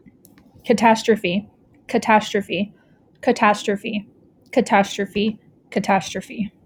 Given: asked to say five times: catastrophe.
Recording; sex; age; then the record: repeated word; female; 20 to 29 years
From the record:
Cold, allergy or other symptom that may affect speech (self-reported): no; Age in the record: 25 years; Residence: Texas, United States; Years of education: 16